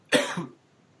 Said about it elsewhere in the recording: Inhaled water down the wrong pipe. I took a swig of water and then I started laughing.